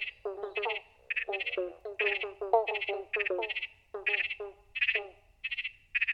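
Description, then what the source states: Pobblebonk frog chorus, quick low plonking notes in clusters, mixed with loud higher buzzy notes throughout. Chorus of several frogs.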